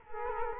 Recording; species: mosquito wingbeat signal from an infrared sensor; Culex quinquefasciatus